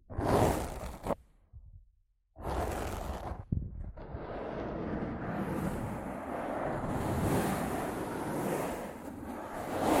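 Rough scratching and brushing right on a microphone, heard as harsh rushing noise like wind or surf. Two short bursts open the clip, separated by a nearly silent gap of about a second. After a brief knock near four seconds, the scraping becomes steady and dense to the end.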